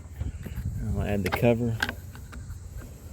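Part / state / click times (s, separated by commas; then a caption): plastic cover onto riding mower cable/throttle housing / not seated / none. A plastic cover is handled as it is about to be pressed back on over the cable and throttle area of a Husqvarna riding mower, after the blade engagement cable was tightened. Someone talks over low outdoor background noise with brief handling sounds. Nothing has seated or clicked yet.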